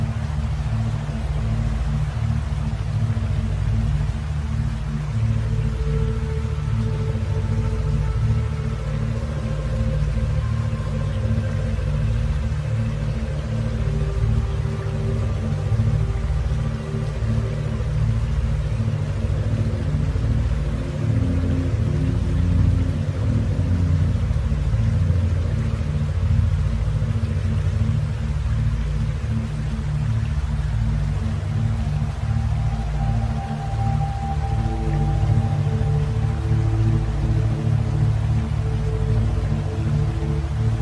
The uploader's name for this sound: gentle waterfall delta binaural beats